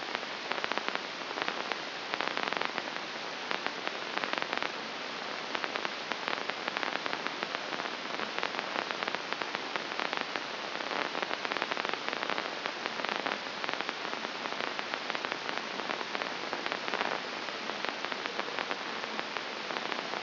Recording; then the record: brain microelectrode recording played as sound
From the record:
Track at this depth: inside the subthalamic nucleus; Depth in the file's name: 1.835 mm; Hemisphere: left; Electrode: 2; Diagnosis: Parkinson's disease